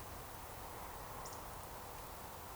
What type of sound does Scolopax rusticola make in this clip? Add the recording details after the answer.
whistle. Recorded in Baden-Württemberg, Germany, on 13 June 2020 at 20:02 UTC. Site 43791, 788 m above sea level